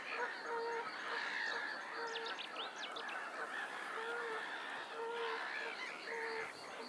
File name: Lake ambience noisey seagulls geese wind Lackford Lakes